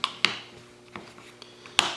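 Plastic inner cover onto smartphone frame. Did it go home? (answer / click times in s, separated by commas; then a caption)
yes / 0.2 s, 1.8 s. A plastic inner cover is set onto the lower section of a OnePlus One smartphone's frame during a charging port replacement and pressed down until its clips snap in. Sharp, bright plastic snaps ring out at about 0.3 s and 1.8 s, with a similar click at the very start and faint small ticks in between. The cover is seated, snapped into place.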